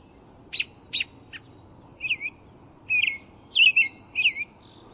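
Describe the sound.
American robin singing: three sharp, clipped notes open, followed by several slurred, warbling caroling phrases.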